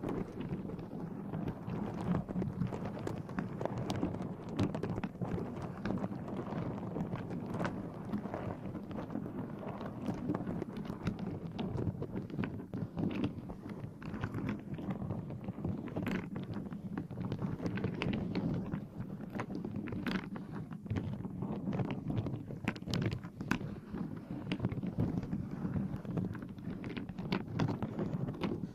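Scratching on a microphone, a dense rough scraping that runs without pause for the whole half minute. The sound sits mostly low and muffled, with a steady rumble underneath and frequent sharp crackles and ticks flicking brighter throughout.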